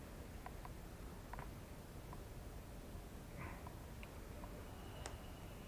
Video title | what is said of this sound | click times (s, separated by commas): Rear tail light install on a softail | you heard the click all right so we'll put that connector well we'll | 5.1 s